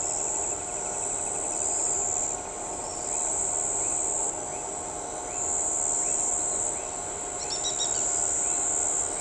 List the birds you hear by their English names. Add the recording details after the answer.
White-whiskered Spinetail. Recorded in shrubland near Pivijay, Magdalena, Colombia, on 16 April 2023 at 05:30. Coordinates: 10.453, -74.365. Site P5-G022